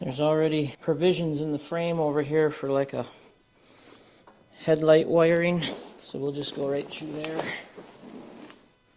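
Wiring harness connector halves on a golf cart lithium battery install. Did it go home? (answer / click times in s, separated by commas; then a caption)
no / none. Someone talks while routing the wiring through the golf cart frame for a Vatrer 36V lithium battery install, handling the two plastic halves of a wiring harness connector. Faint handling noises come between and after the speech. The connector has not clicked together or seated yet.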